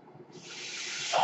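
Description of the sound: A steady airy hiss swells over about a second: a home mechanical ventilator pushing air during a breath.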